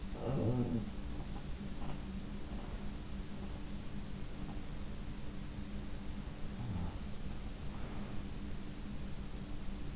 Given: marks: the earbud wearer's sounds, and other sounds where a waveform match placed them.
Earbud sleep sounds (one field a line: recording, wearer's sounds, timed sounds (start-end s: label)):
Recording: sounds in sleep by an in-ear microphone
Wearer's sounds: snoring breath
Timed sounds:
0.00-1.14 s: snoring breath